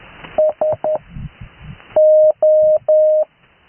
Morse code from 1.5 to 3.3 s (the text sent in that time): O